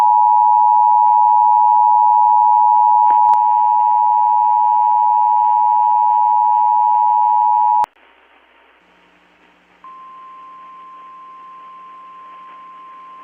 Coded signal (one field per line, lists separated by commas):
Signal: Emergency Alert System (SAME) tones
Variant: 853 and 960 Hz attention tone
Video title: EAS REQUIRED MONTHLY TEST 3/1/23